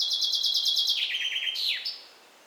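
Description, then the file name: Common chaffinch song, heard from mid-phrase: a quick trill that drops lower and finishes with a short, downward-swooping flourish. "Fringilla coelebs"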